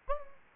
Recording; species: mosquito wingbeat signal from an infrared sensor; Anopheles gambiae